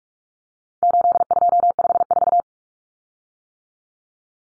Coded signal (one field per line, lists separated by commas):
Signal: Morse code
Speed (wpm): 44 wpm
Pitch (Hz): 700 Hz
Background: none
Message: 8254